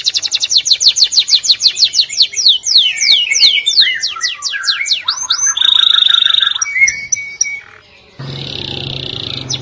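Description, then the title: Canary song with a fast run of falling notes, then a buzzy rattle and short whistles, ending in a steady low humming noise. "Kenari"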